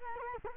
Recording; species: mosquito wingbeat signal from an infrared sensor; Culex quinquefasciatus